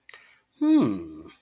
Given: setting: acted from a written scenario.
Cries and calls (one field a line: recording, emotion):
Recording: vocal sound without words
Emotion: interest